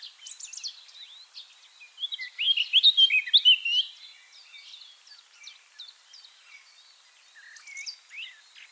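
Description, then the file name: Eurasian blackcap song: soft chattering gives way to a loud, tumbling warble of bright notes, then softer scattered notes follow. "Sylvia atricapilla"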